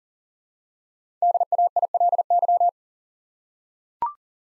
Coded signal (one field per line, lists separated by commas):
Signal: Morse code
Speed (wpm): 44 wpm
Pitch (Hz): 700 Hz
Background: none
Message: DAILY